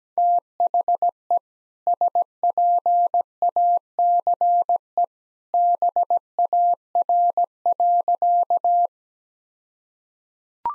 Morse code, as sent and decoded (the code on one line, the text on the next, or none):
- .... . / ... .--. .- -.-. . / -... .- .-. .-.-.-
THE SPACE BAR.